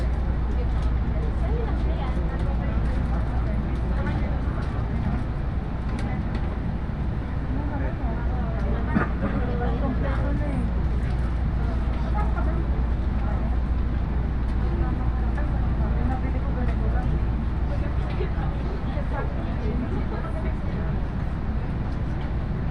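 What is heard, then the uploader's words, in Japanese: Inside a busy train carriage, passengers chat continuously in overlapping voices over a steady, deep rumble of the moving train. The level stays even throughout, with occasional brief clicks and knocks from the car rising above the murmur. 鉄道旅 飯田線 辰野→伊那市。やってきたのは313系の2両編成。桜の名所である高遠に行くために伊那市まで乗る人が多く乗り込んできて途中車内は賑やかです。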